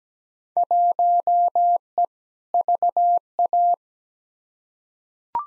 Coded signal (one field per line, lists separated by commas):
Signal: Morse code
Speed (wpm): 17 wpm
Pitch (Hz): 700 Hz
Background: none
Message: 1E VA